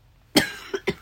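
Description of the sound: Three coughs from an adult in about one second: a forceful first burst followed by two shorter, lighter ones. The coughs are dry and abrupt, from a hoarse voice and a throat in very poor condition, with talking and breathing in bringing on the urge to cough.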